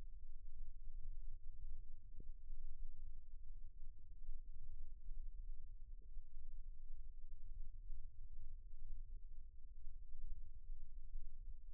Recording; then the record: forearm muscle sounds (acoustic myography)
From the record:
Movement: rest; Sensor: system 1, eight BSWA MPA416 microphones around the upper forearm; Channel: 6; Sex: male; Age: 54 years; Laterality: right